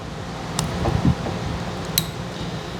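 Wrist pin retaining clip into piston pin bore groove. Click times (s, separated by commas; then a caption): 2.0 s. A partly started wrist pin retaining clip is pushed down with a screwdriver into its groove in the pin bore of a forged piston for a 392 HEMI build. A faint metallic tick comes at 0.6 s, and the clip snaps into its groove with a sharp click at 2.0 s, leaving it fully seated.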